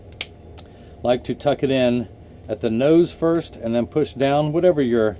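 A +1.25 glass reading lens for a Ray-Ban 2132 New Wayfarer is tucked into the outside corner of the plastic frame rim, then pressed down at the nose with the thumbs until it snaps into the groove. A sharp snap is heard at 0.2 s, then someone talks.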